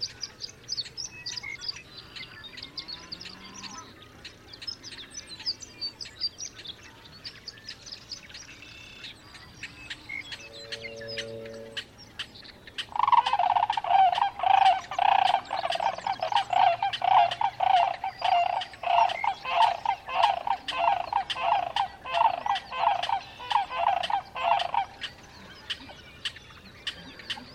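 Sandhill cranes in a dawn chorus: soft mixed birdsong, then from mid-clip a loud, steady run of rapid rattling calls that stops near the end.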